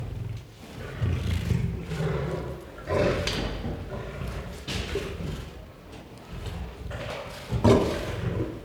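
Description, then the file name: Lion growls in repeated low, grinding bursts, rising and falling in strength, with a sharper roar-like burst near the end. "Het grommen en brullen van een leeuw - Beeld en Geluid"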